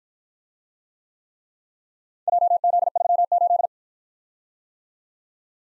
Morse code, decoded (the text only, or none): JZ38